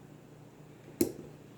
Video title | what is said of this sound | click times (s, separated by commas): How to clean a handgun | should just snap right in place and you should see the open end right underneath the barrel | 1.0 s